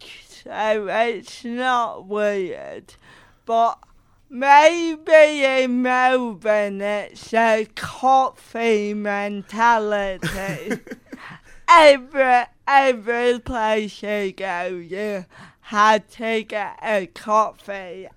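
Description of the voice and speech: Adult British woman speaking with dysarthria due to cerebral palsy; her speech sounds different from typical speech and is slower, with frequent pauses between phrases.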